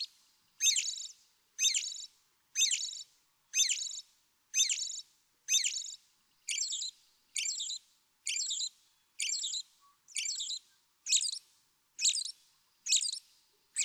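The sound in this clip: American robin song of rapid, evenly spaced warbled phrases, about one per second, high and slightly squeaky, continuing throughout against a quiet background.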